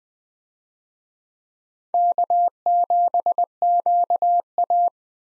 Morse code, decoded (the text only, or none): K7QA